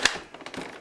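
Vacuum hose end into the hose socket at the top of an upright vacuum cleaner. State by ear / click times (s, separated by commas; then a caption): seated / 0.1 s. The plastic hose end is pushed into the hose socket at the top of a Hoover The One Performer upright vacuum cleaner and snaps in with a sharp, bright click at 0.1 s, locking in place. A few softer, duller knocks follow over the rest of the clip.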